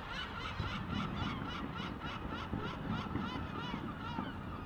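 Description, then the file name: Many gulls crying at once, overlapping harsh, yelping notes throughout, with a constant low rumbling noise beneath. Gulls calling in fright at fireworks, 10 June 2016. "le 10 juin 2016 seagulls frightened of fireworks"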